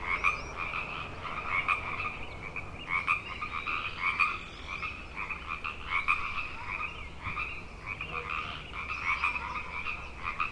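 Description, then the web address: Frog chorus with loud overlapping trills that pulse in bursts, rising and falling in strength. Frog chorus on Grafton Lake, recorded 3 May 2009. "The Frog Chorus Tunes Up On Grafton Lake frogs 090503"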